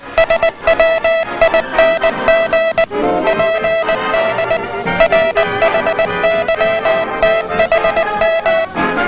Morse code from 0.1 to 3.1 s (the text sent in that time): SWING